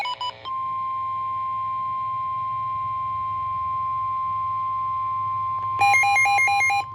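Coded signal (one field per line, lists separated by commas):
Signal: Emergency Alert System (SAME) tones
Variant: 1050 Hz attention tone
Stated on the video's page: Two real severe thunderstorm warnings received on NOAA weather radio transmitter; radios misaligned.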